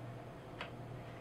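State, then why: Seated. A metal suppressor shroud is slid over the barrel of an Airforce Texan air rifle and turned left until its thread start catches. A single sharp click at 0.6 s marks the threads dropping into alignment, and the shroud is seated and now threads on smoothly.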